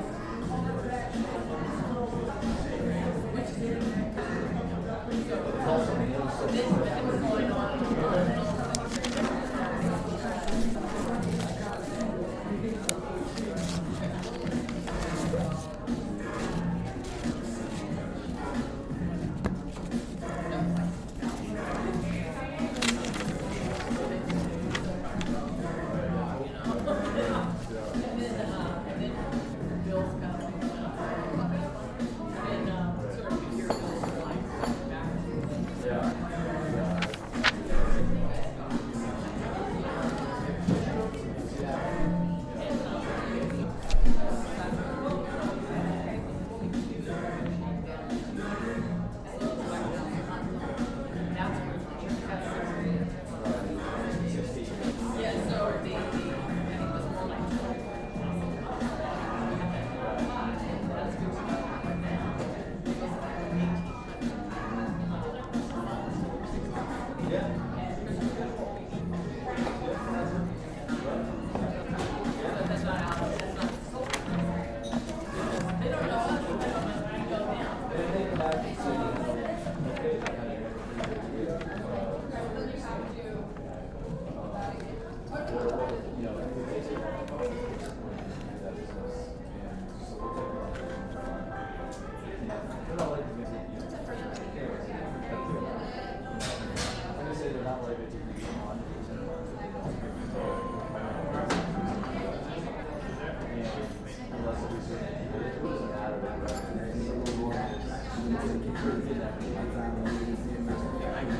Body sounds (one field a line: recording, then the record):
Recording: background sound without coughing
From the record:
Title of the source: 60 minutes of coffee shop sounds for study and concentration